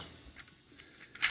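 A plastic gas tank panel on the legs of a Legacy Bulkhead action figure is pushed down until its tab engages. Faint plastic ticks at about 0.4 and 0.5 s lead to a sharp click at 1.2 s and a louder snap at 1.3 s as the tab seats.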